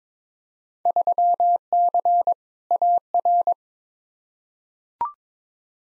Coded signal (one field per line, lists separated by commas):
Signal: Morse code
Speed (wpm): 21 wpm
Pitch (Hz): 700 Hz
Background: none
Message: 3C AR